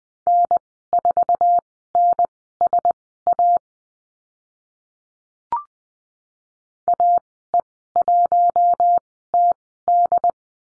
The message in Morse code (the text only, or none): N4NSA AE1TD